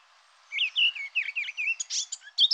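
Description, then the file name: Eurasian blackcap in a brief warbled phrase: quick slurred notes dipping and rising, then a louder, higher burst of scratchy notes at the close. "Fauvette-à-tête-noire"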